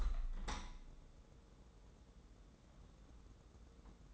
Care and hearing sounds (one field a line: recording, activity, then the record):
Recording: daily activity, microphone in the room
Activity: open window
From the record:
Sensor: 3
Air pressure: 1012.3 hPa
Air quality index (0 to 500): 144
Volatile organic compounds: 2 ppm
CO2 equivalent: 1112 ppm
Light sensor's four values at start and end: 376/934/385/385 and 375/927/383/384